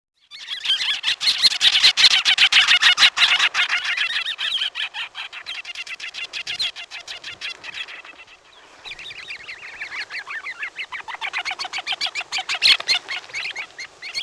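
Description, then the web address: Bird chatter: a dense, rapid stream of high notes, loud at first, fading, then swelling again after a brief lull. "Peterson North American Birds. sand"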